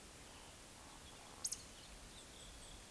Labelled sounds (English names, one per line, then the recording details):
Eurasian Woodcock whistle
Eurasian Woodcock croak
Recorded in Baden-Württemberg, Germany, on 20 May 2021 at 19:38 UTC
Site 24606, 635 m above sea level